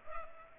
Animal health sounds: mosquito wingbeat signal from an infrared sensor; Culex pipiens

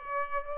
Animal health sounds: mosquito wingbeat signal from an infrared sensor; Aedes aegypti

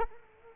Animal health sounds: mosquito wingbeat signal from an infrared sensor; Culex quinquefasciatus

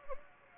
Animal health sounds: mosquito wingbeat signal from an infrared sensor; Anopheles gambiae

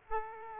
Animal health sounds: mosquito wingbeat signal from an infrared sensor; Aedes aegypti

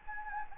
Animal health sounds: mosquito wingbeat signal from an infrared sensor; Anopheles gambiae

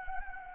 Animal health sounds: mosquito wingbeat signal from an infrared sensor; Anopheles gambiae

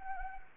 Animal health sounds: mosquito wingbeat signal from an infrared sensor; Anopheles gambiae

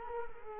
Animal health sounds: mosquito wingbeat signal from an infrared sensor; Culex quinquefasciatus

